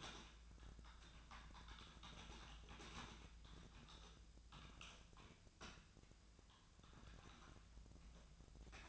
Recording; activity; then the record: daily activity, microphone in the room; typing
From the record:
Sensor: 2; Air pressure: 1000.0 hPa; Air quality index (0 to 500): 129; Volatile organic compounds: 2 ppm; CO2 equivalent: 1105 ppm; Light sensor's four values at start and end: 25/61/26/29 and 25/61/26/29